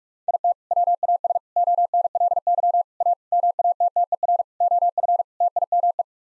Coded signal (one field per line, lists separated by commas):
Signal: Morse code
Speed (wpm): 44 wpm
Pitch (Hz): 700 Hz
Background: none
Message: IT WAS ONLY A MATTER OF TIME